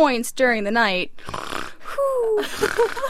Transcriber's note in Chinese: snoring sound